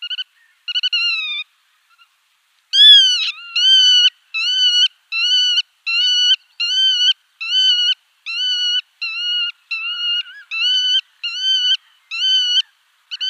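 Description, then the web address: Black-tailed godwit display calls: two short harmonic notes, a pause, then a long steady series of clear harmonic notes repeated a little more than once per second, with no other sounds. "Schulze Peter Black-tailed Godwit display"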